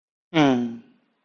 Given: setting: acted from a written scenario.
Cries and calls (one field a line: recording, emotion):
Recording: vocal sound without words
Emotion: romantic love